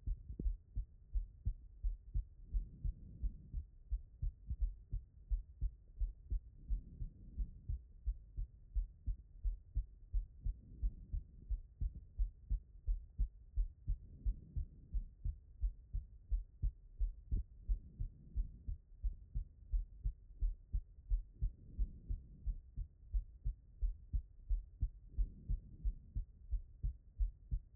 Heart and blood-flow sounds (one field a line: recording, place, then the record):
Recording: heart sounds by stethoscope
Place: pulmonary valve (PV)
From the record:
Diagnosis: non-HFrEF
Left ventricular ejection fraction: 67%